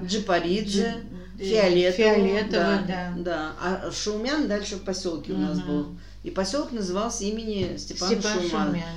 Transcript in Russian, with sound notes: Джапаридзе.
Фиолетову. [хором]
Да. А Шаумян дальше в поселке у нас был и поселок назывался имени Степана Шаумяна.